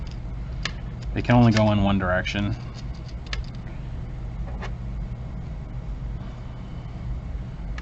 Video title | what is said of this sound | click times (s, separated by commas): MODE Dreamcast Mount | to show off so these are just the buttons they just pop into place like so | 0.7 s